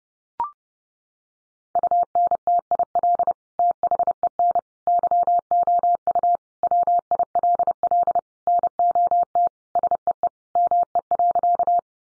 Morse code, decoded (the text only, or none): UNTIL THEN YOU WILL NOT SEE ME.